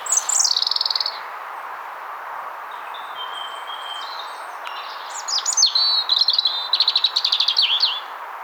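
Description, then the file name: European robin song: a thin descending high whistle, a pause with soft notes, then a rapid rippling phrase of high trills and warbles. "Erithacus rubecula"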